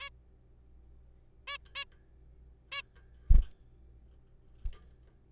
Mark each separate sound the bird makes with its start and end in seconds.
0.01-0.09, 1.47-1.57, 1.75-1.84, 2.72-2.81